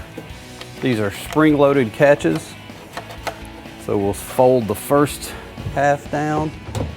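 Someone talks while handling the aluminum tri-fold low-profile tonneau cover on a 2016-2021 Toyota Tacoma, preparing to fold its first section down onto the bed rail, where spring-loaded catches on the bed rail clamps are meant to snap home. Short, sharp handling knocks are heard around 0.6, 3.0, 3.3 and 6.8 seconds. Nothing has seated or clicked yet.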